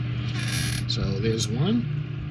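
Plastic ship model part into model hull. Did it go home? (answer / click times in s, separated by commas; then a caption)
no / none. A small plastic part from a 2021 F-TOYS R.M.S. Olympic 1:2000 scale model kit is being handled and pressed onto the plastic ship model's hull while someone talks over a steady low hum. The part has not seated or clicked into place yet.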